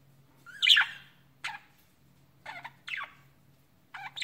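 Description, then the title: Budgerigar giving a loud warbled squawk, then several short scratchy calls spaced apart, over a low steady hum. "Budgie Sounds"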